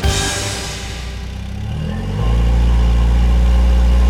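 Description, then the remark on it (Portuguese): A car engine drones steadily as the car climbs up the Serra da Freita from Arouca, a town in the Aveiro district, its low rumble deepening and growing louder partway through as the engine works harder, with no voices present. “Subimos de carro, Serra da Freita acima, vindos de Arouca, uma vila do distrito de Aveiro.”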